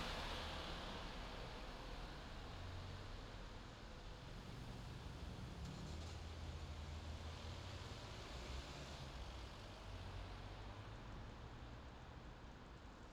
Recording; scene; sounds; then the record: everyday scene through a hearing-aid microphone; in traffic; traffic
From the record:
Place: main city hub, rush hour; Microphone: in the ear canal, left